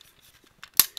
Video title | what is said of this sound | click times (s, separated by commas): Let's install: DNA Designs DK-08 EX | wheels they just snap into place like so | 0.8 s